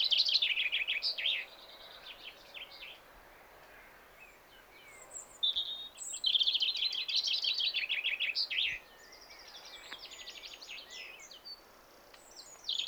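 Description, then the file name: Common chaffinch song: two bright phrases of rapid notes, one at the start and one around six to eight seconds, with a brief phrase starting at the end. "Fringilla coelebs"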